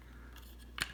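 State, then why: Seated. A 9005 high-beam ready-fit LED replacement bulb is pushed into the back of a headlight assembly, where the halogen bulb would normally sit, and twisted. Faint rubbing sits over a steady low hum until a single sharp, bright click at 0.8 seconds, when the bulb locks into place.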